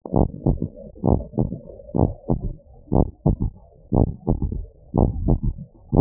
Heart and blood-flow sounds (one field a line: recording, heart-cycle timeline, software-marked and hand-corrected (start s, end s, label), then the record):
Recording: heart sounds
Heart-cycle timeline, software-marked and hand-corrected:
0.00	0.16	diastole
0.16	0.30	S1
0.30	0.46	systole
0.46	0.58	S2
0.58	1.08	diastole
1.08	1.20	S1
1.20	1.38	systole
1.38	1.50	S2
1.50	2.00	diastole
2.00	2.12	S1
2.12	2.30	systole
2.30	2.40	S2
2.40	2.96	diastole
2.96	3.08	S1
3.08	3.26	systole
3.26	3.38	S2
3.38	3.94	diastole
3.94	4.08	S1
4.08	4.28	systole
4.28	4.40	S2
4.40	4.98	diastole
4.98	5.10	S1
5.10	5.26	systole
5.26	5.40	S2
5.40	5.98	diastole
5.98	6.01	S1
From the record:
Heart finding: abnormal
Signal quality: good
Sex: male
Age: 27 years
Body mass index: 26.2